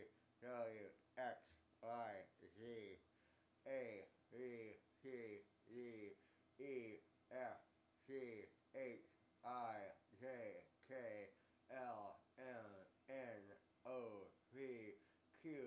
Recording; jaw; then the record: letters of the alphabet, spoken; constrained by a bite bar between the teeth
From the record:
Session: first day, right after the free take